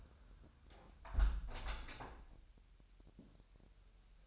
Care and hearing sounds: daily activity, microphone in the room; close window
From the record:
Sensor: 2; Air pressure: 1000.1 hPa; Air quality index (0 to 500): 239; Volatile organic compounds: 76 ppm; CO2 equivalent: 3575 ppm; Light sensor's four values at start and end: 9/21/8/8 and 8/20/8/8

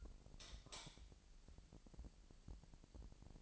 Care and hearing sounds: daily activity, microphone in the room; light on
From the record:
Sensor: 5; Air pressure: 1002.0 hPa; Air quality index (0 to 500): 226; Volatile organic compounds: 30 ppm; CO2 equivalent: 2950 ppm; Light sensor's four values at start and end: 15/35/14/16 and 15/36/15/16

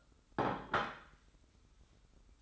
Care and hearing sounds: daily activity, microphone in the room; place plate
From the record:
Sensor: 3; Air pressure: 990.8 hPa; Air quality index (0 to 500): 146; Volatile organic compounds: 399 ppm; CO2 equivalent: 4670 ppm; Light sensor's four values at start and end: 39/93/38/35 and 40/94/38/35

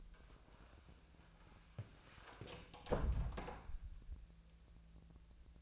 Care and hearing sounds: daily activity, microphone in the room; close door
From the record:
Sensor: 2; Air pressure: 1000.4 hPa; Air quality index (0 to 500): 174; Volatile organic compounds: 3 ppm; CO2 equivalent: 1442 ppm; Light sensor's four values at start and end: 9/23/9/10 and 9/22/9/10

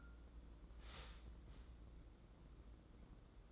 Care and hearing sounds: daily activity, microphone in the room; start toaster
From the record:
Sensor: 3

